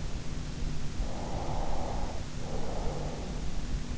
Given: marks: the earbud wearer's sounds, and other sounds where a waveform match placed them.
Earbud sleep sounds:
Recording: sounds in sleep by an in-ear microphone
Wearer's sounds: breath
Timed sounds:
1.38-3.44 s: breath

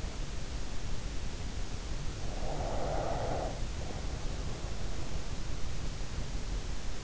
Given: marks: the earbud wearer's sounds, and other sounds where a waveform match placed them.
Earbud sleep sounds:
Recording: sounds in sleep by an in-ear microphone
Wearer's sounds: breath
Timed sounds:
2.23-4.85 s: breath

